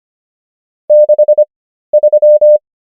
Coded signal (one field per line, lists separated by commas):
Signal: Morse code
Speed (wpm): 25 wpm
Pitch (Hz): 600 Hz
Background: none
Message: 63